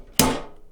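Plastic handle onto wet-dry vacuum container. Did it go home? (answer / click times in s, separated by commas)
yes / 0.2 s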